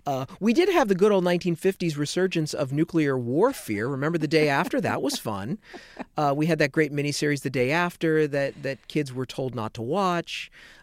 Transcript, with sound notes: We did have the good old 1950s resurgence of nuclear warfare.
(Laughter).
Remember "The Day After?" That was fun. We had that great miniseries "The Day After" that kids were told not to watch.